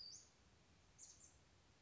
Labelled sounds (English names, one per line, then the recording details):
Western Flycatcher
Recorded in Sonoma County, California